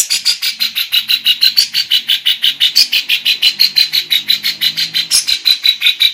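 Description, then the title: Grey-cheeked Bulbul delivering a continuous rapid series of harsh, buzzy pulses without a break. Female. "Cucak Jenggot Betina"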